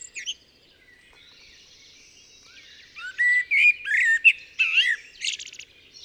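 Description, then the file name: Common blackbird singing one fluty phrase that turns into high, scratchy twittering in the second half, after a few seconds of soft background bird chatter. "Turdus merula"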